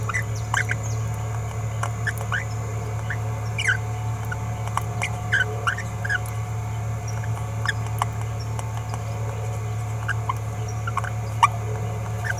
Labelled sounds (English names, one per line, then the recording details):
Green-rumped Parrotlet babbling
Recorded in a nest box in Venezuela
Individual 18B17A3